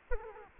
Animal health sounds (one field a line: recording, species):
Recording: mosquito wingbeat signal from an infrared sensor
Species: Culex quinquefasciatus